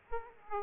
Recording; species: mosquito wingbeat signal from an infrared sensor; Aedes aegypti